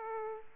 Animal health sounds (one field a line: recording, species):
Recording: mosquito wingbeat signal from an infrared sensor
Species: Aedes aegypti